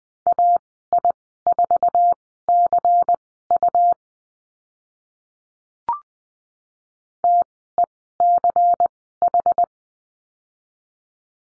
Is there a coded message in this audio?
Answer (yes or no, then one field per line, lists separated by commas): yes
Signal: Morse code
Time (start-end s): 0.3-9.6 s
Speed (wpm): 20 wpm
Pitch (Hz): 700 Hz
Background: none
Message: AI4CU TECH